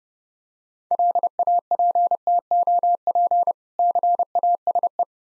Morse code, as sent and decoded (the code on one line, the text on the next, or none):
.-.. .- .--. - --- .--. / -.-. .- ... .
LAPTOP CASE